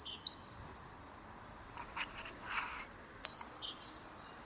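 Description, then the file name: Great tit two-note phrases at the start and again near the end, with a short burst of scratchy noise between them. "Parus major"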